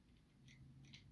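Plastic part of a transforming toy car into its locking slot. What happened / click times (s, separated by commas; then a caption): A plastic part clicked into place / 0.9 s. A plastic part of a Transformers toy figure is pushed into its locking slot during the final step of transforming it from robot to car mode. Faint plastic handling and scraping sounds lead up to a sharp click at 0.9 s as the part seats home.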